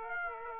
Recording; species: mosquito wingbeat signal from an infrared sensor; Aedes aegypti